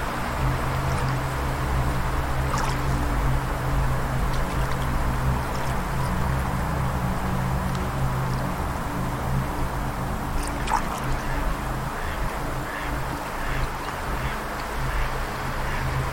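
Steady, dense water rushing with a low sustained drone underneath, broken by a few brief calls, including a sharper one near eleven seconds.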